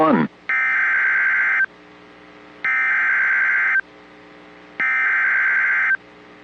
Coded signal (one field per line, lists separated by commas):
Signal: Emergency Alert System (SAME) tones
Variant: header bursts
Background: speech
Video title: Early Saturday Morning Wake-up Call: EAS Alerts from the morning of March 8, 2025